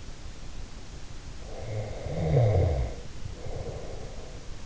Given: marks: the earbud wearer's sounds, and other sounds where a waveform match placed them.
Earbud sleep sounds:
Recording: sounds in sleep by an in-ear microphone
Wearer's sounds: snoring breath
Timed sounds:
1.18-4.50 s: snoring breath

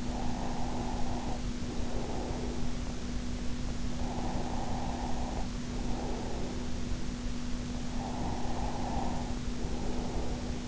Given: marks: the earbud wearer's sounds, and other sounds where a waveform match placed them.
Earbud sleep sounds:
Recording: sounds in sleep by an in-ear microphone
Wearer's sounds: breath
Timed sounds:
0.00-2.69 s: breath
3.66-6.80 s: breath
7.83-10.68 s: breath

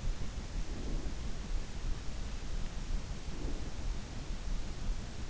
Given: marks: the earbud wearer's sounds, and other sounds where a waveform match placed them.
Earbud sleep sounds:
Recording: sounds in sleep by an in-ear microphone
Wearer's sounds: breath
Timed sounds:
0.37-1.66 s: breath
3.12-4.09 s: breath

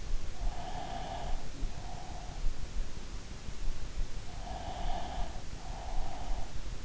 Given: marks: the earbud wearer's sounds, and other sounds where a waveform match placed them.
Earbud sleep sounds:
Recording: sounds in sleep by an in-ear microphone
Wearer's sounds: breath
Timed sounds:
0.55-2.74 s: breath
4.46-6.79 s: breath

